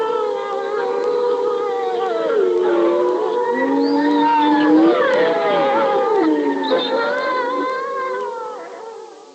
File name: Vlk obecny